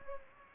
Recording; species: mosquito wingbeat signal from an infrared sensor; Anopheles gambiae